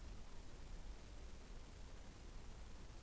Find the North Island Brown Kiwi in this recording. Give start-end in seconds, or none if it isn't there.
none